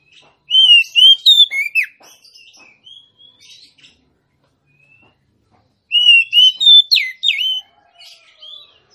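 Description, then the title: Oriental magpie-robin song: a bright whistled phrase of four or five rising and falling notes ending in a downward swoop, given twice, with soft twitters between. Female Oriental magpie-robin song used to lure a male that has stopped singing into singing and fighting; described as persistent full bursts of song. "KACER NGOTOT FULL TEMBAKAN. Suara kacer betinamemancing kacer jantan yg macet bunyi"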